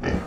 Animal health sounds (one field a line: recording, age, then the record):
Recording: pig call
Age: growing-finishing pig (85 days or more)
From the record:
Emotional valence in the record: negative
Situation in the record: barren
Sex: female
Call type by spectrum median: low-frequency call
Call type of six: low-frequency stable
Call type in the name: low-frequency stable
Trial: 1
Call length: 0.28 s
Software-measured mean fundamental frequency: 55 Hz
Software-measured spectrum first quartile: 173 Hz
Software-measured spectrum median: 394 Hz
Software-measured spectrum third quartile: 1026 Hz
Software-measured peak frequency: 71 Hz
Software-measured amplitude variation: 139 dB a second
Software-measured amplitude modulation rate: 14.5 a second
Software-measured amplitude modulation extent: 9.6 dB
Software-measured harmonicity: -1.8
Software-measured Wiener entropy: -0.94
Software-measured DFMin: 684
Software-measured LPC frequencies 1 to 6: 383, 1778, 2368, 2923, 4771, 5715 Hz